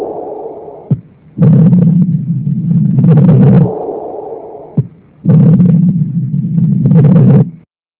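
Adult heart heard through a stethoscope: sharp heart sounds followed by long, loud, low rumbling murmurs of combined mitral stenosis and mitral insufficiency, with a systolic murmur, third and fourth heart sounds, and a rumble.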